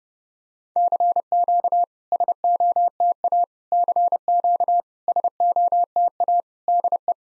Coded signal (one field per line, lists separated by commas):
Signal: Morse code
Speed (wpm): 30 wpm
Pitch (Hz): 700 Hz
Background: none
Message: CQ SOTA CQ SOTA DE